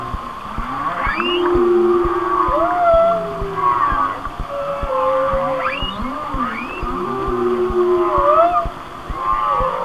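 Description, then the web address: Whale song: long tonal moans and whistles that rise and fall, some sweeping upward sharply, overlapping over a constant background hiss with faint clicks. "Natures Songs Whale Songs Whale Songs"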